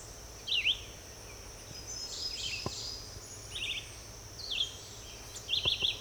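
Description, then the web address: Red-eyed vireo song: short slurred whistled phrases spaced about a second apart, faint over steady high hiss and background noise. "birds vireos"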